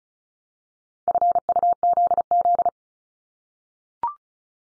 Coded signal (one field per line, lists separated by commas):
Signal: Morse code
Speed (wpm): 36 wpm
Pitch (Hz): 700 Hz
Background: none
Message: FUZZ